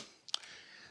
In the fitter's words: that easy it just clicks into place nothing more complicated slide it in from behind it locks in